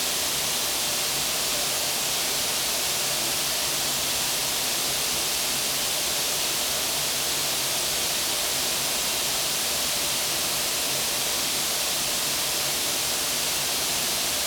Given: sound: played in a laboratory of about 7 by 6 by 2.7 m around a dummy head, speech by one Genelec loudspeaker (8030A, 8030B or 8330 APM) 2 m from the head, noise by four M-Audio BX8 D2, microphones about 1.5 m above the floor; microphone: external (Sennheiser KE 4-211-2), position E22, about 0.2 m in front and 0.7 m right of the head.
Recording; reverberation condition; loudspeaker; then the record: white noise; high; four, about 170 cm from the corners of the room and facing them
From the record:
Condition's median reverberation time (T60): about 1300 ms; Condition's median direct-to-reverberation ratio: about -4.0 dB